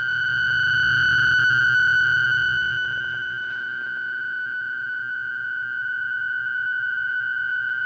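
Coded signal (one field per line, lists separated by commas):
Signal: fast PSK data mode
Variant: PSKR mode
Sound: continuous warbling, buzzy tone around 1.5 kHz with fast rhythmic fluttering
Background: low hum, radio static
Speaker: now until the end of today's program i will be using the pskr modes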